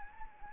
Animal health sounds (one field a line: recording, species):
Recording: mosquito wingbeat signal from an infrared sensor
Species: Anopheles arabiensis